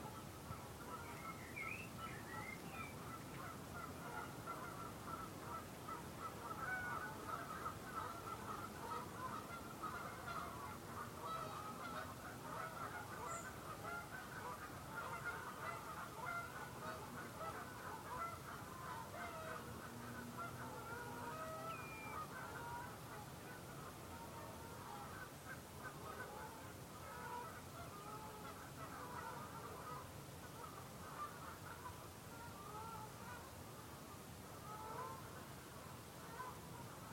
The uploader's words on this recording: The soft crooning of nesting geese on the Dyfi Estuary. We're sitting on a wooded promontory above the Dyfi Estuary in the RSPB's magical Ynys Hir reserve. It's early April, there's a chill in the air but the wind has dropped allowing the gentle murmuring of Canada geese to rise over the salt marshes.